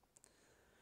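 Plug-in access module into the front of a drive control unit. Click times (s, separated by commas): 0.2 s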